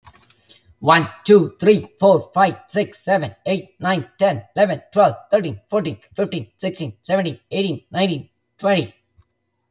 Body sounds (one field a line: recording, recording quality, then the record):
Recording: counting at a fast pace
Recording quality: excellent, no background noise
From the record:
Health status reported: healthy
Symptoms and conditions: cold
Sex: male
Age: 45 years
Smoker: not ticked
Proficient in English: yes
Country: United States